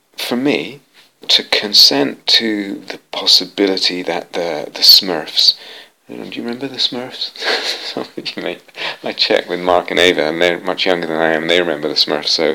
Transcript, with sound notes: For me, to consent to the possibility that the Smurfs... do you remember the Smurfs? [laughs] I checked with Mark and Ava. They're much younger than I am, and they remember the Smurfs, so